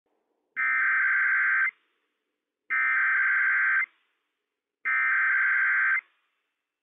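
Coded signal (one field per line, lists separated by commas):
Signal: Emergency Alert System (SAME) tones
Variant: header bursts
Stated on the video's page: Required Monthly Test from county emergency management, relayed on NOAA Weather Radio station WWF56, with operational EAS tones.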